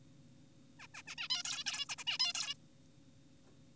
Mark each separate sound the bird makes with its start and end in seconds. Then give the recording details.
0.80-0.87, 0.94-1.02, 1.07-1.15, 1.18-1.28, 1.30-1.43, 1.45-1.64, 1.66-1.86, 1.89-1.96, 1.98-2.04, 2.07-2.18, 2.20-2.33, 2.35-2.54. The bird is an adult. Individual g4p5U